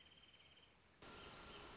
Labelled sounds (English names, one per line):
Wrentit